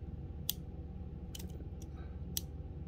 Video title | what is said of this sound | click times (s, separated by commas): Vintage Jewelry Sale 9/01 tinydeervintage@gmail.com | here is the closure it's a nice secure snap i'll let you hear it | 0.5 s, 2.4 s